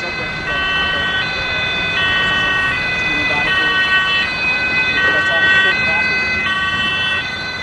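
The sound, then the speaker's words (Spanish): Ambulance, police and fire vehicle sirens wail steadily, their bright harmonic tones alternating between two pitches in a regular hi-lo pattern over a rumbling traffic background, loud throughout, as emergency units respond to an accident for rescue and evacuation operations. “con el fin de dar paso a una infinidad de ambulancias, unidades policiales y de bomberos, premura que solo fue ganada por los helicópteros de salvataje, que también acudieron al lugar a ayudar en las operaciones de rescate y evacuación.”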